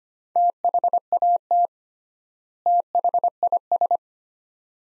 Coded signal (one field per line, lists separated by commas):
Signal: Morse code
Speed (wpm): 25 wpm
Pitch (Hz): 700 Hz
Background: none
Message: THAT THIS